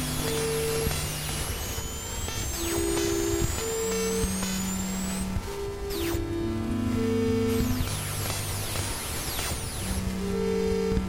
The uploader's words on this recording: Electromagnetic Interference/signals. Using an EM coil pick-up, (sometimes advertised as a 'phone tap pick-up') the EM signals are captured and sent through a Max patch where by they are processed and transposed.